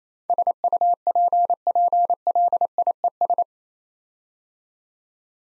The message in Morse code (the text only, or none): SUPPLIES